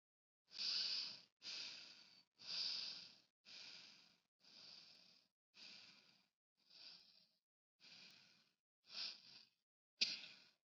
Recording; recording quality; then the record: shallow breathing; excellent, no background noise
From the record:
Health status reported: COVID-19 positive, no symptoms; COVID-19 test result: positive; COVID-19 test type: RT-PCR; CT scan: not taken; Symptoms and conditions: cold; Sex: female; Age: 20 years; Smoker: no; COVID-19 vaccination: both doses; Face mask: not worn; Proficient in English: yes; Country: India